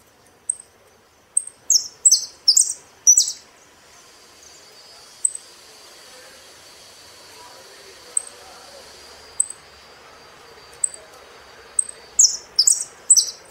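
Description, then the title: Saffron finch giving scattered thin high chips with short bursts of buzzy descending notes near the start and again at the end, long quiet gaps between. "Jilguero Argentino"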